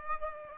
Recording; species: mosquito wingbeat signal from an infrared sensor; Aedes aegypti